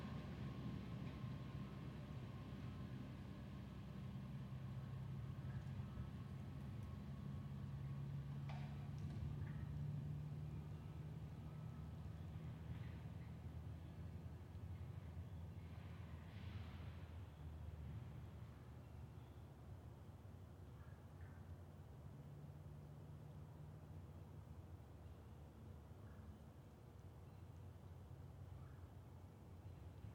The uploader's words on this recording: Friday Night, Peepers, Woodcocks & Trains. Recorded in West Kingstown, Rhode Island on Liberty Road near the Great Swamp. Peepers and all the other critters came out.